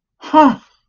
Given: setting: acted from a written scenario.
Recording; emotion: vocal sound without words; awe